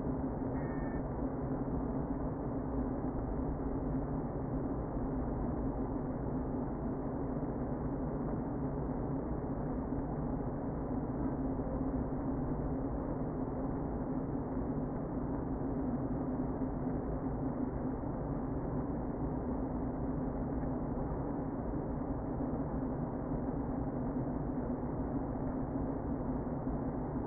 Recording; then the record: honeybee colony, microphone inside the hive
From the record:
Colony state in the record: queen present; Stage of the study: before two queens were removed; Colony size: about 60,000 bees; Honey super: yes